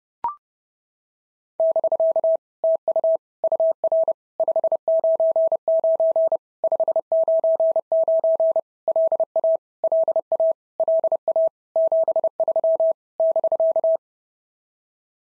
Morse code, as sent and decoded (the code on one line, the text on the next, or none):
-...-.- / - ..- / ..- .-. / ..... ----. ----. / ..... ----. ----. / .-.. .- / .-.. .- / .-.. .- / --... ...-- / -...-.-
<BK> TU UR 599 599 LA LA LA 73 <BK>